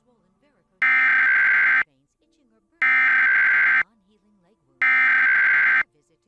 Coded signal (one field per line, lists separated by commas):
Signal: Emergency Alert System (SAME) tones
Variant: header bursts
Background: speech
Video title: National EAS Test Compilation (August 7, 2019, NYC)